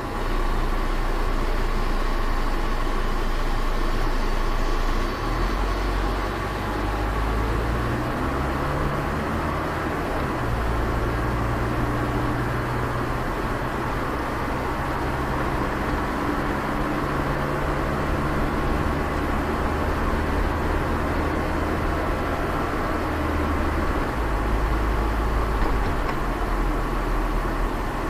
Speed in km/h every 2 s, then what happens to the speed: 6, 4, 6, 10, 14, 21, 26, 29, 32, 35, 37, 37, 36, 36.
3-20 speeds up to 37. 20-28 steady at about 36.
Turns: none.